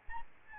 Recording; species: mosquito wingbeat signal from an infrared sensor; Aedes albopictus